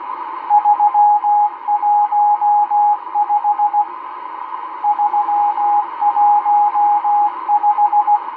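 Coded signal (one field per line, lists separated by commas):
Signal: Morse code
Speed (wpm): 16 wpm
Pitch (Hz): 830 Hz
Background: radio noise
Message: 315 315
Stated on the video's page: M12 Morse code numbers station on 12167 kHz, received on a Realistic DX-394 with its whip antenna.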